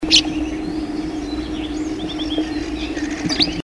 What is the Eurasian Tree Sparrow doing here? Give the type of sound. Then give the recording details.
call. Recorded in the wild. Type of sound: call. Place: Illmitz, AT. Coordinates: 47.7622, 16.8036. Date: 1972-05-02. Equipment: Uher Report 4200, AKG D190C in Doppel-Parabolreflektor. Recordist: Krey, Winfried. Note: Rufe